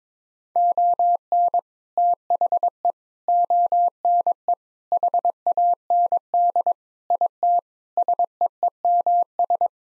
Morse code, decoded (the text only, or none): ON THE ONE HAND IT SEEMS